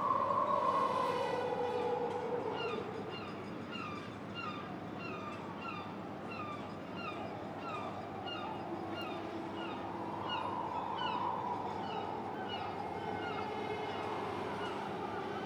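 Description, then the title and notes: Gulls calling in a long run of sharp, down-slurred notes over a steady rumbling drone and wind noise. Gulls at Quai Thurot, Boulogne-sur-Mer, France, with wind, a metal structure and rattling of pleasure boats. "Quai Thurot, Boulogne-sur-Mer, France - Mouettes. Prise de sons : JF CAVRO"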